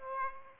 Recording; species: mosquito wingbeat signal from an infrared sensor; Aedes aegypti